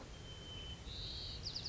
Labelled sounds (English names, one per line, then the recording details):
White-crowned Sparrow
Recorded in Sonoma County, California